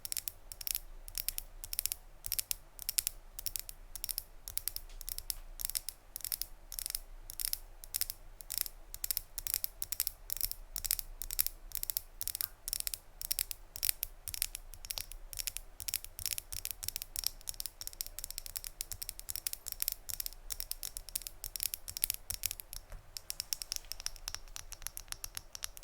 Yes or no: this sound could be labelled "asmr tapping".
yes